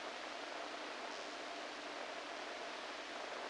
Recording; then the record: brain microelectrode recording played as sound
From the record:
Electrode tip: inside the subthalamic nucleus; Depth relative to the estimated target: -3 mm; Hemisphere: right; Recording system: NeuroSet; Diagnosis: Parkinson's disease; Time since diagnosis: 14 years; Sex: male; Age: 51 years